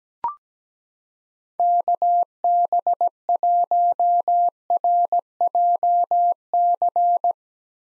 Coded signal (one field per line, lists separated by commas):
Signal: Morse code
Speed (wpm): 17 wpm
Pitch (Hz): 700 Hz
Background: none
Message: KB1RJC